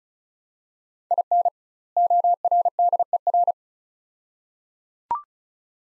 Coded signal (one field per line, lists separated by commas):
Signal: Morse code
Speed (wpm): 36 wpm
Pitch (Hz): 700 Hz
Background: none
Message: IN ORDER